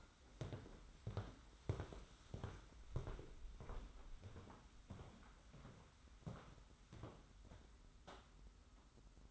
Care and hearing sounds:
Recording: daily activity, microphone in the room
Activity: walk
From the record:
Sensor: 3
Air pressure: 991.6 hPa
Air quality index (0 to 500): 180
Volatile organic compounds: 1000 ppm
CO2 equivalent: 6017 ppm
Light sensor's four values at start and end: 38/110/44/39 and 40/113/46/40

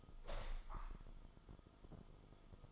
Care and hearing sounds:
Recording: daily activity, microphone in the room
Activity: open window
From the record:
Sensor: 5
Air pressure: 1004.8 hPa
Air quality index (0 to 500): 83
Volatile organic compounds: 2 ppm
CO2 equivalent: 991 ppm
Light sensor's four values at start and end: 34/79/32/31 and 34/79/32/31

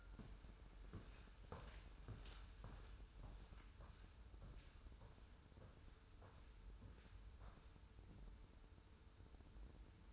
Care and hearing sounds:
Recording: daily activity, microphone in the room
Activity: walk to room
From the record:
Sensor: 2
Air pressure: 994.2 hPa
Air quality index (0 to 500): 207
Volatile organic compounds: 1000 ppm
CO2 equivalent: 6823 ppm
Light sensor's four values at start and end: 68/155/65/64 and 69/158/66/65

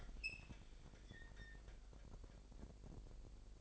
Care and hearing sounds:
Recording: daily activity, microphone in the room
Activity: open fridge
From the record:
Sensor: 5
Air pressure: 1002.0 hPa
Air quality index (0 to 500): 209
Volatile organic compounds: 21 ppm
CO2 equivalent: 2718 ppm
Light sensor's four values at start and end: 10/23/9/10 and 11/25/10/12

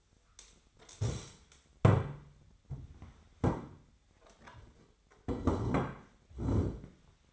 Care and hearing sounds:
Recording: daily activity, microphone in the room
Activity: stand up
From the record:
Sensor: 3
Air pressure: 1008.0 hPa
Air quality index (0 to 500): 190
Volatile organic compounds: 14 ppm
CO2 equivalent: 2442 ppm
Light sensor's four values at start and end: 12/29/12/12 and 12/29/12/12

